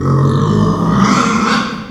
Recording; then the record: squeal of a Yucatan mini pig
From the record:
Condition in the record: after surgery on the right vocal fold (resection and tissue-engineered implant); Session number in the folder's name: 16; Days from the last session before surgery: 183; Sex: female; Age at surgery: 19 weeks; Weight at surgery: 25 kg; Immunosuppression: prednisolone